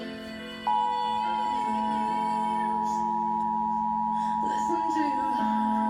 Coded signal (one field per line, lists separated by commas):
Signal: Emergency Alert System (SAME) tones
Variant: 853 and 960 Hz attention tone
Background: music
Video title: Required Monthly Test EAS #155